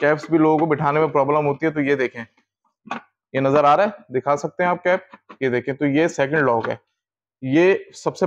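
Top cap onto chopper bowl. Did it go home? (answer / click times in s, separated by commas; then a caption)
yes / 2.9 s. A plastic top cap, the second lock of a Grace National meat and vegetable auto chopper (2023), is fitted onto the chopper bowl. Someone talks throughout, and a single louder click at 2.9 s marks the cap locking into place. The cap is seated.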